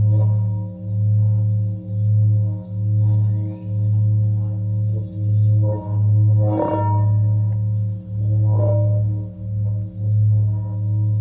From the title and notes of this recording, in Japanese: シンギングボウルライブ。シンギングボウルの振動。